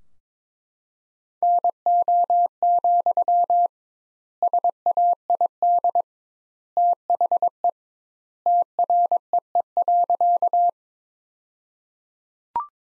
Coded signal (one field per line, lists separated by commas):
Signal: Morse code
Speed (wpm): 22 wpm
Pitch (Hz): 700 Hz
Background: none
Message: NO, SAID THE TREE.